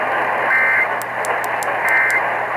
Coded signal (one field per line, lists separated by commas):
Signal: Emergency Alert System (SAME) tones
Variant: end-of-message bursts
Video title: 20 YEARS OF LIVING... EAS Tests from October, 2021 (EAS #6,376 - 6,397)